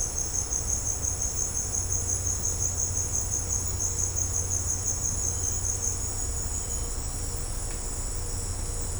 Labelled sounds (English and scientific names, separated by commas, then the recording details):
none
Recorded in secondary vegetation near Puerto Asís, Putumayo, Colombia, on 20 December 2024 at 17:00
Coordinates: 0.502, -76.326
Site G028